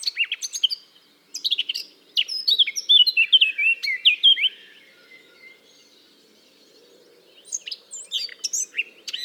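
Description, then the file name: Eurasian blackcap singing a rich, hurried warble of scratchy and fluted notes, pausing briefly, then starting a new chattering phrase near the end. "Sylvia atricapilla"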